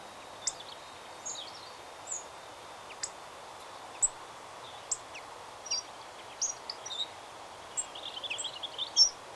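Hawfinch with thin, sharp high ticks spaced irregularly, building at the end into a short run of squeaky twittering notes, steady hiss behind.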